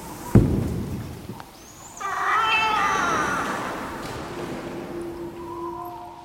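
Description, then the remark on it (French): A falcon in a staged performance in the nave of an abbey church gives shrill, wavering cries from the dark heights of the church. The cries rise and fall in a drawn-out wail after a brief low thud, then fade into a faint steady hum. “un faucon, dont les plaintes stridentes nous parviennent parfois des hauteurs sombres de l'église abbatiale”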